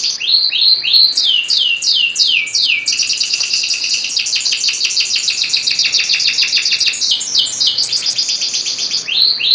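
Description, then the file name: Canary song of repeated falling whistled sweeps followed by a long, fast, high trill and more slurred descending notes near the end. Standard canary song. "suara kicauan kenari standar. omkicau"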